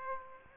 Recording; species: mosquito wingbeat signal from an infrared sensor; Aedes aegypti